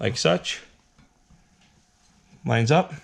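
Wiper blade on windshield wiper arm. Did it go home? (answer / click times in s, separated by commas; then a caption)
no / none. A wiper blade is lined up with the hole on a Mini Countryman windshield wiper arm and positioned before its tabs are pushed home, while someone talks at the start and end. Between the talking there is only faint, quiet handling. Nothing has seated or clicked yet.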